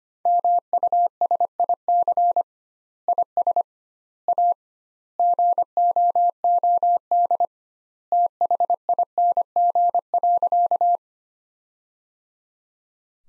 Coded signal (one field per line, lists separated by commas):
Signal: Morse code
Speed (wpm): 25 wpm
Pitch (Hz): 700 Hz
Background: none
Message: MUSIC IS A GOOD THING.